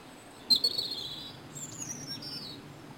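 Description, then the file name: European robin giving two short, thin, high-pitched twittering phrases, the second one longer and sliding, over a quiet background. "Erithacus rubecula"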